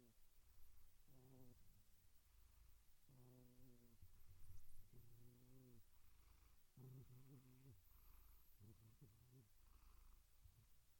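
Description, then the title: Cat making low, buzzing, purr-like trills in short bursts separated by brief pauses, with quieter breathy sounds between them. Meowing. "Relaxing Cat Meow Sounds"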